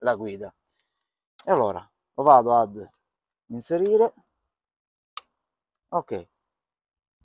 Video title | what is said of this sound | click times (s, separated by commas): Portacellulare Lampa, ottimo per la sicurezza in moto-Lampa phone holder, excellent for bike safety | ok, le due alette grigie sono scattate quindi il mio porta cellulare è bene che assicurato | 5.2 s